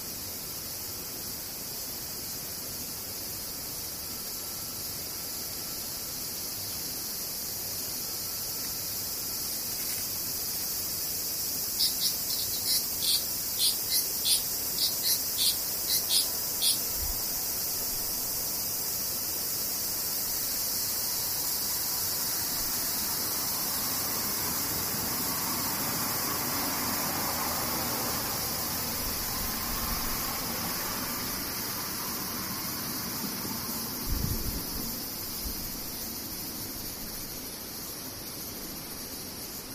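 Cicadas drone steadily and high throughout, a dense, unbroken hiss. From about 12 to 17 seconds a burst of quick, regular chirping pulses rides on top. A low rumble swells between roughly 22 and 35 seconds, like a passing vehicle, with a brief thump near 34 seconds.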